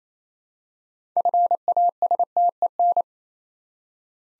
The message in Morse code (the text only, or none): FASTEN